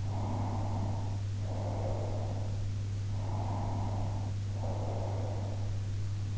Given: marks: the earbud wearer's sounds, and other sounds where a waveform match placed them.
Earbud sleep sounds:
sounds in sleep by an in-ear microphone; breath
0.18-2.77 s: breath
3.48-5.95 s: breath

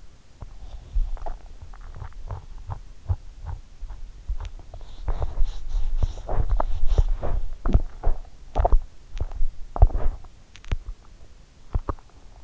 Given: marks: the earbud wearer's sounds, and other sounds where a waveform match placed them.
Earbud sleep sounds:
sounds in sleep by an in-ear microphone; teeth grinding
0.00-12.44 s: teeth grinding

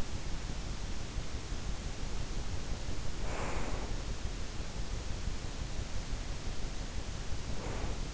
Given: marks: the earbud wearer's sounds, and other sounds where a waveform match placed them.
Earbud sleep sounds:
sounds in sleep by an in-ear microphone; breath
2.94-4.02 s: breath
7.10-8.14 s: breath

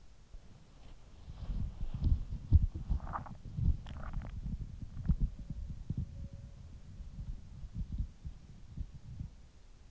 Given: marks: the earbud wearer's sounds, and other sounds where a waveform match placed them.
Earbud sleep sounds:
sounds in sleep by an in-ear microphone; body movement, swallowing
0.00-6.22 s: body movement
2.40-6.22 s: swallowing

